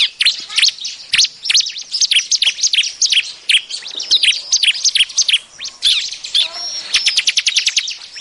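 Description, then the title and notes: Bar-winged prinia chattering: dense, rapid high chirps and ticking notes, ending in a quick even series of sharp clicks. Lure call used for trapping birds, described as an effective lure sound. "BURUNG CIBLEK MANCING LAINNYA. Suara Ciblek Pikat"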